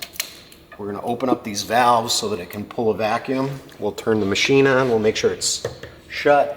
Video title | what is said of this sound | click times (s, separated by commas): Building A Homemade $2,500,000 McLaren P1 In 7 Days | So, this will get snapped into place. | 0.2 s